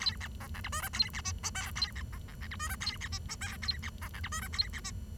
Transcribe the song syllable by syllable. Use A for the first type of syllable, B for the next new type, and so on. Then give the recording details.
A B C D E F G A B H I J A B C C D E F G A B H I J A B C D E F G A B H. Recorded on 23 June 2012 at 09:19. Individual gr41rd51